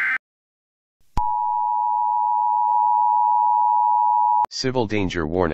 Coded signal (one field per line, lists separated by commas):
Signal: Emergency Alert System (SAME) tones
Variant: 853 and 960 Hz attention tone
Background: speech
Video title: EAS Scenario #1: The World's Gone Beautiful